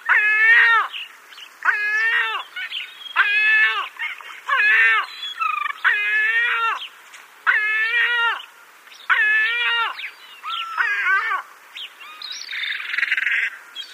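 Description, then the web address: Armenian gull calls: drawn-out nasal mewing notes with rich harmonics, given in a steady series about every one and a half seconds. "Schulze Peter Armenian Gull"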